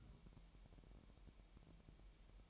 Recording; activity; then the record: daily activity, microphone in the room; take from stove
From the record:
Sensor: 1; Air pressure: 1002.0 hPa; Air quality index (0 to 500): 246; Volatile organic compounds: 51 ppm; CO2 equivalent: 3303 ppm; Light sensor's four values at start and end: 5/12/5/6 and 5/12/5/6